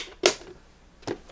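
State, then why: Seated. A Funko figure box is placed into a plastic protector case, and the case snaps shut with a sharp click at 0.3 s, holding the box securely in place. Two softer, brief handling sounds follow around 1.1 s and 1.4 s.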